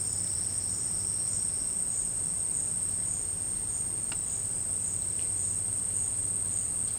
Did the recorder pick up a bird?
no